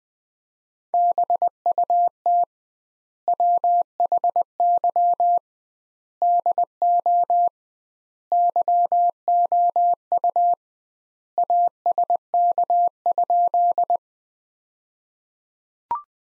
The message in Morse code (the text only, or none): BUT WHY DO YOU ASK?